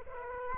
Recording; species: mosquito wingbeat signal from an infrared sensor; Culex quinquefasciatus